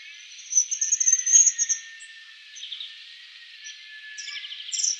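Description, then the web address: Little swift giving high, shrill twittering trills, a burst early on and another near the end, over a steady hissing background. "Schulze Peter Little Swift"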